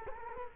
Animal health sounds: mosquito wingbeat signal from an infrared sensor; Culex quinquefasciatus

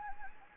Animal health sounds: mosquito wingbeat signal from an infrared sensor; Anopheles gambiae

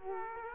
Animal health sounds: mosquito wingbeat signal from an infrared sensor; Culex quinquefasciatus

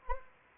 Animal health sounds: mosquito wingbeat signal from an infrared sensor; Anopheles arabiensis

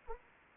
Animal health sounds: mosquito wingbeat signal from an infrared sensor; Anopheles arabiensis

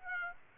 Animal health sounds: mosquito wingbeat signal from an infrared sensor; Aedes aegypti

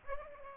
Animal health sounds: mosquito wingbeat signal from an infrared sensor; Aedes aegypti

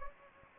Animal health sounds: mosquito wingbeat signal from an infrared sensor; Anopheles gambiae

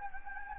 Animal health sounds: mosquito wingbeat signal from an infrared sensor; Anopheles gambiae

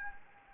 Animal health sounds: mosquito wingbeat signal from an infrared sensor; Anopheles arabiensis

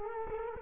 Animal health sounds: mosquito wingbeat signal from an infrared sensor; Culex quinquefasciatus

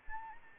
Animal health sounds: mosquito wingbeat signal from an infrared sensor; Anopheles arabiensis

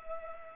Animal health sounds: mosquito wingbeat signal from an infrared sensor; Culex pipiens

